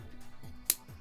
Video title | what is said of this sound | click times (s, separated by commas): JonnyBuildz...the 3-in-1 Medieval Dragon!!! Leaks and Reviews!!! Episode 190 | ah that was a click that was a good click | 0.7 s